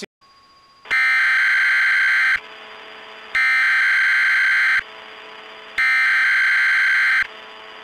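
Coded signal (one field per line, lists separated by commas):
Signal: Emergency Alert System (SAME) tones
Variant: header bursts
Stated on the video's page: Fictional paranormal mock EAS alert.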